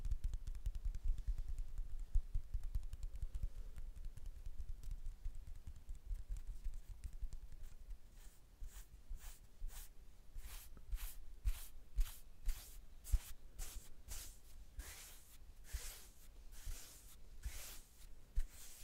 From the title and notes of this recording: ASMR The BEST Hand Sounds.